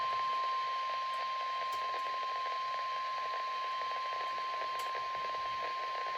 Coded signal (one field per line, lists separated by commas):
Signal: Emergency Alert System (SAME) tones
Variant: 1050 Hz attention tone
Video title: (EAS 571-573) Today's Dish: Weekly Tests with a side of a Flood Watch